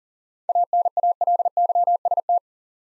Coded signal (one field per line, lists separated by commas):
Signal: Morse code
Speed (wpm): 39 wpm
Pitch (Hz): 700 Hz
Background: none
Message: ANALYST